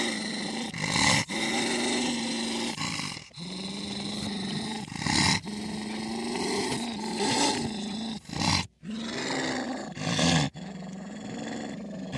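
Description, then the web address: Wolf snarling and growling in a long irregular series, rough rumbling phrases with brief pauses and sharper breaths between. "animals wild|wolves"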